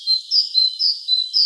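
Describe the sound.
Great tit song: six high, thin notes alternating between a lower and a higher pitch, in quick succession against a faint hiss.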